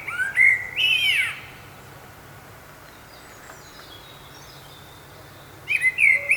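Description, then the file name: Common blackbird singing a mellow warbled phrase that rises into a thin high flourish, then quiet hiss until a new fluty phrase begins at the close. "Turdus merula"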